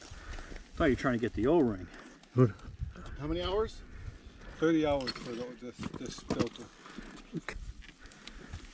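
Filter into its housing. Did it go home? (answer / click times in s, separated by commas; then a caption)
no / none. A replacement filter is pushed into its housing during a scheduled 30-hour change while people talk. A few short knocks and handling sounds are heard near the end, but the filter has not clicked into place and is not yet seated.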